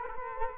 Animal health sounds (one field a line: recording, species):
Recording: mosquito wingbeat signal from an infrared sensor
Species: Culex quinquefasciatus